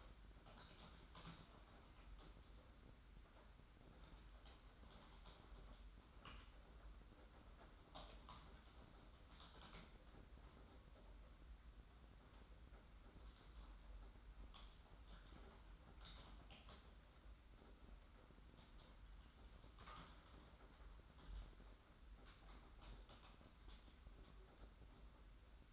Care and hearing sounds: daily activity, microphone in the room; typing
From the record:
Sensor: 3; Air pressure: 991.7 hPa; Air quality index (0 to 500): 187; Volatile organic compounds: 1000 ppm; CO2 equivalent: 6277 ppm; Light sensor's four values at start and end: 33/96/39/33 and 33/95/39/33

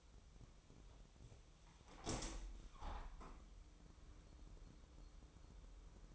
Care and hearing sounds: daily activity, microphone in the room; open window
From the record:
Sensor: 1

